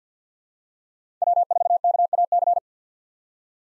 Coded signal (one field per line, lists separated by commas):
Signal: Morse code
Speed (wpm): 50 wpm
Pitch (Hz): 700 Hz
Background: none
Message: W4KAC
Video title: 2023 SOTA Chaser Call Signs - 50wpm